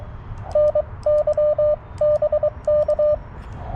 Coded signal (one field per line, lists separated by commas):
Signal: Morse code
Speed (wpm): 22 wpm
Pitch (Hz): 590 Hz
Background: none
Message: NYBK